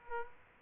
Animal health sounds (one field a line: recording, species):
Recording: mosquito wingbeat signal from an infrared sensor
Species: Aedes aegypti